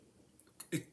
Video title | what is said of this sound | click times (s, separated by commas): 644. 2-4 minute Edison phonograph changers and problems you may run into | in place it holds in place so when you change you'll hear that click | 0.6 s